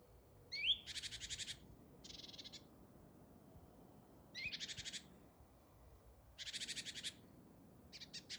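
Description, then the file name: Great tit harsh calls: sharp rising whistles leading into short buzzy, rattling churrs of about half a second, repeated several times. "Parus major"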